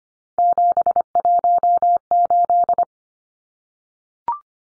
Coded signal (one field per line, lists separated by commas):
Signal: Morse code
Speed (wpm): 25 wpm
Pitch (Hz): 700 Hz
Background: none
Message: 718